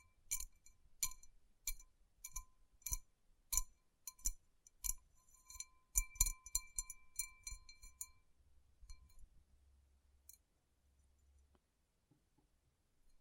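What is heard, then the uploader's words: Light taps on rhinestone-covered palms click and clink in a steady rhythm, about one every half second for the first eight seconds, with a quicker cluster around six to eight seconds. A soft low rubbing hum runs underneath, then the tapping thins out to a few scattered clicks. Tapping & Rubbing Rhinestone Covered Palms.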